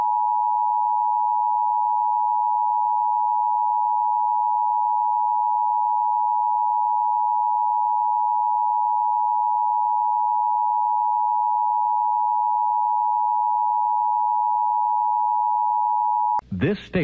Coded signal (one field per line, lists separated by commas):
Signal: Emergency Alert System (SAME) tones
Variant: 853 and 960 Hz attention tone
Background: speech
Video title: [2] RetroTech San Antonio Test Card, Black & White Monochrome, 4:3 Aspect Ratio 1.33:1, EBS EAS SAME